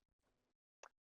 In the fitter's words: but we just wanted to show you real quick how these kind of will pop into place